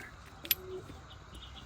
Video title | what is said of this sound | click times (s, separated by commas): కొతగా వచ్చిన Rod మరియూ Reel testing super గా జరిగింది! #premium Rods in low budget 😱 | వచ్చింది చూసారా టక్ మని ఆ సౌండ్ రావాలి | 0.5 s